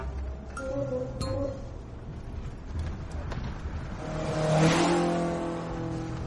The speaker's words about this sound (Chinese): 就在这时，一辆外形奇特的车子从卡车旁边飞驰而过，经过时，那车子的引擎轰鸣声掀起了一波波声浪